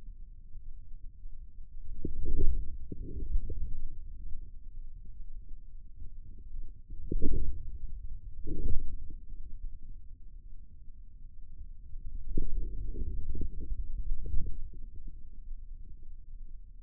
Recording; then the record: forearm muscle sounds (acoustic myography)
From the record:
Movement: inward rotation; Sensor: system 2, bracelet of six BSWA MPA416 microphones around the upper forearm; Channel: 3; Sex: male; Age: 22 years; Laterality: right